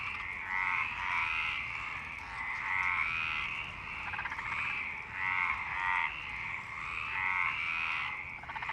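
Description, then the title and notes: Frog chorus with grating pulsed croaks overlapping, surging every two seconds or so, several callers trading rising rattles. Several frogs in Parc Longchamp, Marseille, Provence-Alpes-Côte d'Azur, France; 26 March 2011 at 19:35; recorded with a MixPre-6 and Basic UCHO. "Marseille, Provence-Alpes-Côte d'Azur, France - 26_03_11_19_35 Longchamps_004 grenouilles. Grenouilles au parc de Longchamp"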